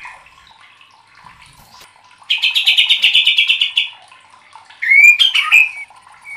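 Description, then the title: White-rumped shama song: a few soft whistles, then a loud buzzy trilled phrase lasting about two seconds, a pause, and a rich slurred whistle ending in short notes. Used to train cage birds (masteran). "MURAI BATU LABAIK"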